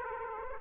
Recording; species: mosquito wingbeat signal from an infrared sensor; Aedes aegypti